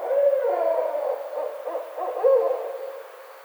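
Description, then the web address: Barred owl calling loudly: long, wavering hoots and wailing notes, then a strong slurred hoot that trails off. Recorded on 29 May 2009. "Barred Owl 2009 05 29"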